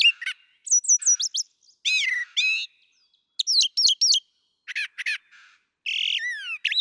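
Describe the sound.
Brown thrasher delivering varied phrases, several repeated twice: high slurred whistles, harsh rasps and a falling burry note, with short pauses between.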